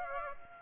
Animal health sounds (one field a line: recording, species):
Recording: mosquito wingbeat signal from an infrared sensor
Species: Aedes aegypti